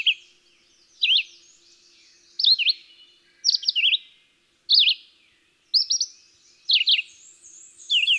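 Red-eyed Vireo repeating choppy whistled phrases, some rising, some dropping, spaced roughly a second apart, with a high thin warble from another bird near the end.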